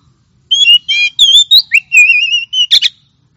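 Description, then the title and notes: Oriental magpie-robin song, a continuous phrase of rich, warbling whistles that rise and fall, ending in a sharp buzzy note. Champion contest songbird (kacer juara) singing. "Kicau Burung Kacer Juara. Suara Kicauan Burung Kacer Juara"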